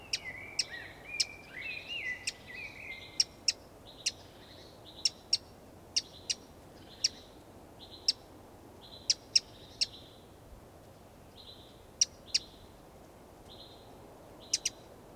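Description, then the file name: Eurasian wren calling with repeated sharp ticks at fairly regular intervals, high steady whistles between, and a brief warbling twitter at the start. "Troglodytes troglodytes"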